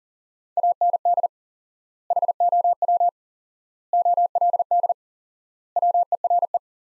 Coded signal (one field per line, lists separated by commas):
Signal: Morse code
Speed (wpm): 40 wpm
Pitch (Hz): 700 Hz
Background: none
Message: AND HOW OLD WERE